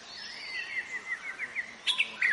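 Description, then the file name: White-rumped shama giving a short series of quick slurred whistles on a steady pitch, ending with a few sharper, louder notes. In forest. "suara muraibatu hutan omkicau"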